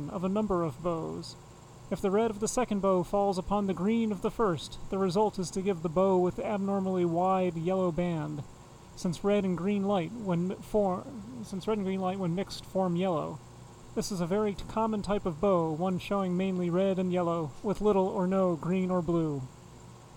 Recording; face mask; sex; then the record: reading aloud; none; male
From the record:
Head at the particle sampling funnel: facing it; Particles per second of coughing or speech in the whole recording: 0.821